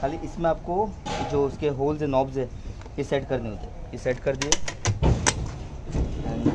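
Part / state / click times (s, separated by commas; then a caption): quick-release luggage box onto motorcycle rack mount / seated / 5.3 s. Someone talks while lining up the holes of a quick-release luggage box with the mounting knobs on a KTM 390 ADV motorcycle rack mount, then presses the box home. A knock at 4.8 s is followed by the sharp snap of the lock at 5.3 s, and the box is locked onto the mount.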